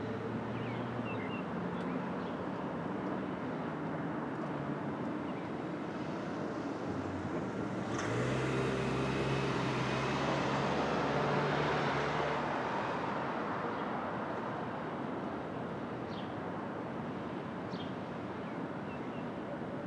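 Street traffic at dawn in the open air: a steady, dense rumble with low engine drone throughout. From about 8 to 12.5 seconds a vehicle passes, louder and brighter with a steady low hum, then the sound settles back to the constant wash. Faint chirps appear briefly near 2 and 17 seconds.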